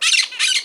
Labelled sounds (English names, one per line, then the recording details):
Brown-throated Parakeet contact call
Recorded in Margarita
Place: San Francisco, near stadium
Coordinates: 11.018, -64.294